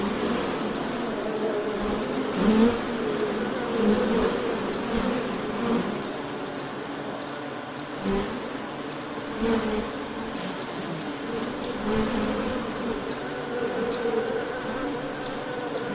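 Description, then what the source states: Honey bees buzzing in a thick, continuous drone. Ambient sound of honey bee wings buzzing.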